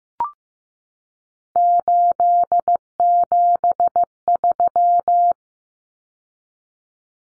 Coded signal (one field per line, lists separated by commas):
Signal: Morse code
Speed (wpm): 15 wpm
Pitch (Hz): 700 Hz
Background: none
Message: 873